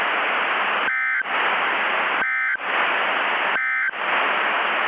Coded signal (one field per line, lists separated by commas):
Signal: Emergency Alert System (SAME) tones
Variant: end-of-message bursts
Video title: [REQUESTED EAS MOCK] who took out the phone lines i was calling someone grrrrrr